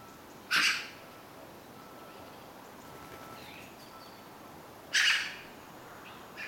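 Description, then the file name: Eurasian magpie giving two harsh, rasping single notes about four seconds apart, with a faint steady hum in the background. "Pica pica"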